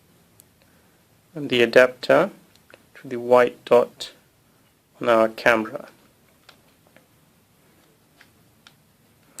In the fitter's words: then rotate it and then it just clicks into place like